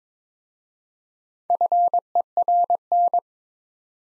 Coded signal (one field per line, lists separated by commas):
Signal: Morse code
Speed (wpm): 22 wpm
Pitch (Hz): 700 Hz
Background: none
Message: FERN